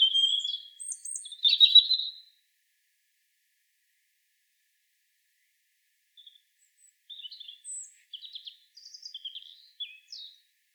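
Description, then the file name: European robin with a loud burst of shrill whistled notes, a pause of several seconds, then a quieter run of short, scratchy twittering notes. "Erithacus rubecula"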